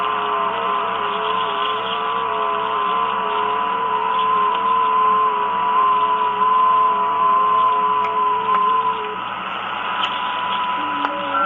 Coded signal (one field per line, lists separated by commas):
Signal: FT8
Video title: Tecsun PL-330 FT8 Decoding with FT8RX Android app using telescopic antenna only_Full-HD.mp4